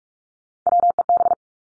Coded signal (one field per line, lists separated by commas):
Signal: Morse code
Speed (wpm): 44 wpm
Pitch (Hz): 700 Hz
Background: none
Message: WEB